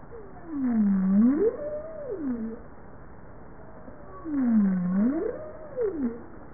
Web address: bowhead